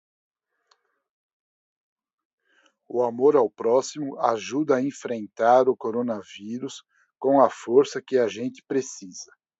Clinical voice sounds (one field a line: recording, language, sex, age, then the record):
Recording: spoken sentence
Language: Brazilian Portuguese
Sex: male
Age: 60 to 69 years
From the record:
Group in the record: control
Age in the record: 64 years